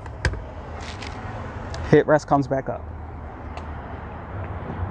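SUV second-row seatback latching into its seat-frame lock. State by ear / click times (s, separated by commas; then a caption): seated / 0.2 s. A folded second-row seatback in a Kia Telluride SUV is raised and its strap released, and it latches into its seat-frame lock in the upright position with a sharp click at 0.3 s. Someone talks, with fainter knocks afterward. The seatback is locked upright.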